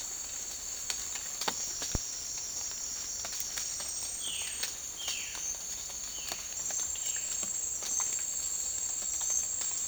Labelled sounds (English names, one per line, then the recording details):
Violaceous Jay
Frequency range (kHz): Violaceous Jay 1.1-4.2 kHz
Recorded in secondary vegetation near Puerto Asís, Putumayo, Colombia, on 12 March 2025 at 09:30
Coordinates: 0.499, -76.323
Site G094